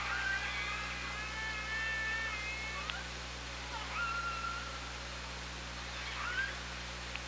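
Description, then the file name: Orca calls, long flat whistled tones with stacked harmonics followed by shorter swept calls, over steady low hum and hiss. Recorded by OrcaLab on 24 August 2017. "Orca Lab 20170824"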